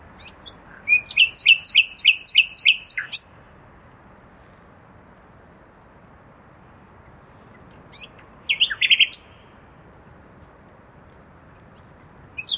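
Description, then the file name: Common nightingale singing two phrases separated by silence: a quick run of repeated sharp notes, then a shorter, buzzy burst, with a brief note at the end. "Luscinia megarhynchos"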